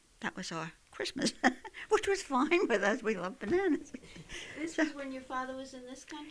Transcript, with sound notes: That was our Christmas. Which was fine with us, we loved bananas. ( she laughs )
This was when your father was in this country?